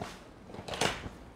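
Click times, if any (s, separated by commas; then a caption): 0.8 s. A pushchair seat unit, moved between parent-facing and world-facing, is pushed down onto the chassis adaptors with a short rustling shuffle. It clicks into place with a sharp snap at 0.8 s, and the seat is seated on the chassis.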